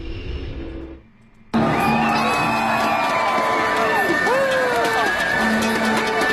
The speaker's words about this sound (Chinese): 欢笑、喜悦、欢呼，昨晚充斥着首钢篮球中心。北京女篮85-63战胜山西队，以总比分3-0获得总冠军，创造了三连冠的全新历史。